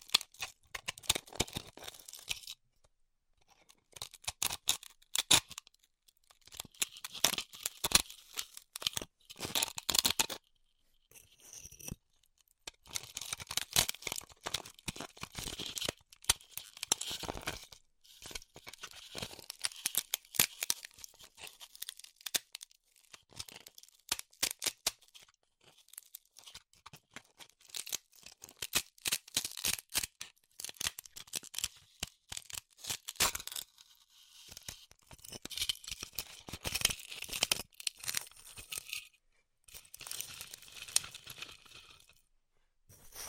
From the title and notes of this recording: ASMR Styrofoam Heat Cutting (No Talking).